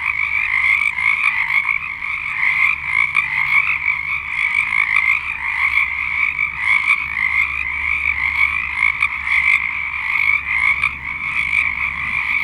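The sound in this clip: Frog chorus of many overlapping callers, a constant shrill pulsing trill that never pauses, with faint low hum below.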